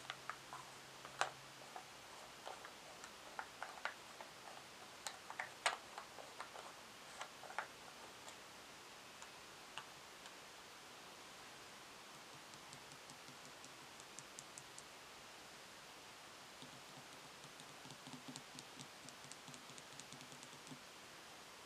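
Tapping and crinkling: sharp irregular taps cluster in the first eight seconds, then lighter quick clicks and soft rustling continue over a steady hiss.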